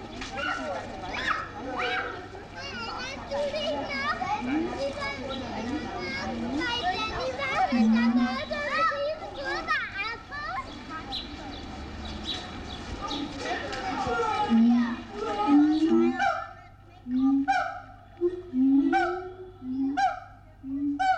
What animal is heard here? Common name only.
Siamang